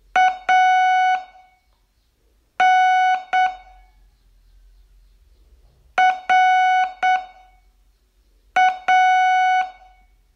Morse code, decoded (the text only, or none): ANRA